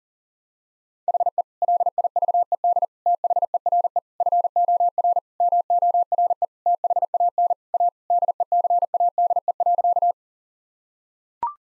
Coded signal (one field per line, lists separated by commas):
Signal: Morse code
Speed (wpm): 37 wpm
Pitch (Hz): 700 Hz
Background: none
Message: HE LIVED THERE FOR MORE THAN A DECADE.